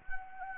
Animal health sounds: mosquito wingbeat signal from an infrared sensor; Anopheles arabiensis

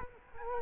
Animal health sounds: mosquito wingbeat signal from an infrared sensor; Culex quinquefasciatus

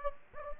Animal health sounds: mosquito wingbeat signal from an infrared sensor; Anopheles gambiae

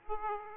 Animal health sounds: mosquito wingbeat signal from an infrared sensor; Aedes aegypti

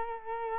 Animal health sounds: mosquito wingbeat signal from an infrared sensor; Culex quinquefasciatus

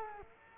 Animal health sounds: mosquito wingbeat signal from an infrared sensor; Culex quinquefasciatus

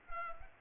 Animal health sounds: mosquito wingbeat signal from an infrared sensor; Culex pipiens

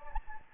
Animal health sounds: mosquito wingbeat signal from an infrared sensor; Anopheles gambiae

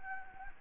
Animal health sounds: mosquito wingbeat signal from an infrared sensor; Anopheles gambiae

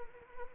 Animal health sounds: mosquito wingbeat signal from an infrared sensor; Anopheles arabiensis

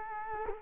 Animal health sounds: mosquito wingbeat signal from an infrared sensor; Culex quinquefasciatus

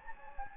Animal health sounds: mosquito wingbeat signal from an infrared sensor; Anopheles gambiae

